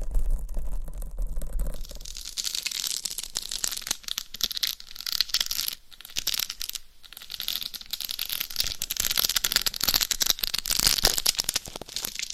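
Scratching and tapping fill the recording, a dense, bright, crackly rasping with rapid irregular clicks and taps throughout. The first two seconds carry a low hum and softer rustling before the scratching takes over, with brief pauses near six and seven seconds.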